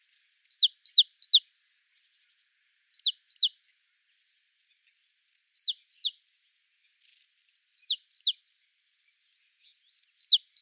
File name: Parus major